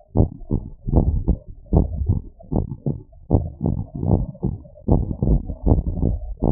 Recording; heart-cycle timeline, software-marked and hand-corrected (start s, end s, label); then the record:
heart sounds
0.00	0.16	diastole
0.16	0.30	S1
0.30	0.52	systole
0.52	0.62	S2
0.62	0.92	diastole
0.92	1.06	S1
1.06	1.30	systole
1.30	1.40	S2
1.40	1.74	diastole
1.74	1.86	S1
1.86	2.08	systole
2.08	2.20	S2
2.20	2.54	diastole
2.54	2.66	S1
2.66	2.88	systole
2.88	2.98	S2
2.98	3.32	diastole
3.32	3.46	S1
3.46	3.68	systole
3.68	3.78	S2
3.78	4.06	diastole
4.06	4.24	S1
4.24	4.52	systole
4.52	4.60	S2
4.60	4.90	diastole
4.90	5.06	S1
5.06	5.28	systole
5.28	5.42	S2
5.42	5.66	diastole
5.66	5.84	S1
5.84	6.04	systole
6.04	6.18	S2
6.18	6.44	diastole
6.44	6.52	S1
From the record:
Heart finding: normal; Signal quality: good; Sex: female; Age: 53 years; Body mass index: 31.6